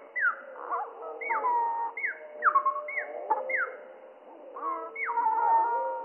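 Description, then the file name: Spotted flycatcher song, slowed down, heard as a series of low descending swooping whistles with a few fluttering notes over a steady hum. Song slowed down by three octaves, mono recording. "GOBE MOUCHE GRIS MOINS TROIS OCTAVES MONO"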